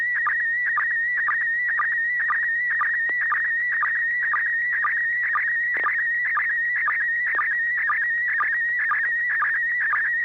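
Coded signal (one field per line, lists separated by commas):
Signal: SSTV (slow-scan television)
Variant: PD120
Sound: warbling, chirpy tone around 2 kHz with a steady ticking sync pulse twice a second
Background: low mains hum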